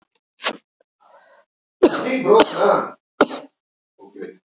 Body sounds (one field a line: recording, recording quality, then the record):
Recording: shallow voluntary cough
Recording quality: moderate, slight background noise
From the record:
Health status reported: COVID-19 positive, mild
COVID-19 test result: positive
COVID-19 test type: RT-PCR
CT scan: not taken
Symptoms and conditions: cold, sore throat, muscle pain, hypertension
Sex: female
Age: 52 years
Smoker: no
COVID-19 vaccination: both doses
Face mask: not worn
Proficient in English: yes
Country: India